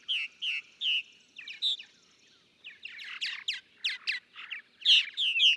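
Purple martin song, first spaced repeated chirps, then a busier gurgling chatter ending in loud bright notes.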